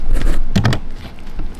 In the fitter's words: Clicks into place.